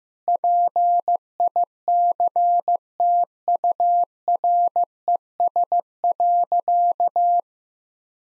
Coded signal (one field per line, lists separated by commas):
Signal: Morse code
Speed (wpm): 15 wpm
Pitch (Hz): 700 Hz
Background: none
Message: PICTURES.